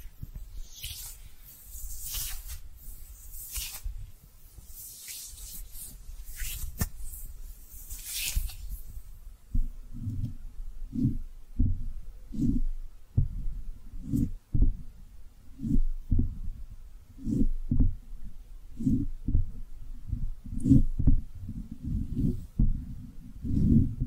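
Soft brushing sweeps hiss brightly for the first eight seconds, then give way to a steady run of low, squishy thumps pulsing about twice a second.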